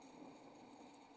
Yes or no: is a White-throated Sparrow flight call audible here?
no